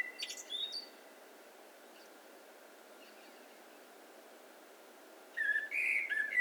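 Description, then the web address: Eurasian blackbird giving thin, high notes at the start, a long quiet stretch, then a burst of short whistled notes near the end over low hiss. "SETE data Turdus merula"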